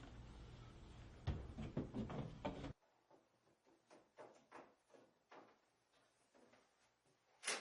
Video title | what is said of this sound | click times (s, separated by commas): Ray âm blum - Ray ngăn kéo Blum - Hướng dẫn lắp đặt ray âm Blum | simply place the drawer on the slides and slowly push the drawer into to the back of the cabinet until you can hear the Locking devices click and lock into place | 2.5 s